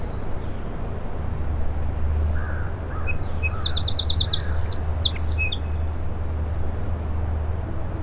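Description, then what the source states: Song sparrow song: clear opening notes, then a quick run of descending slurred notes and a buzzy trill, over a continuous deep rumble. In a shrub on a causeway to Little Moose Island, morning 07:02, 21 June 2017, mostly sunny, 60 degrees, incoming tide; Fostex FR2 recorder with Sennheiser ME 64.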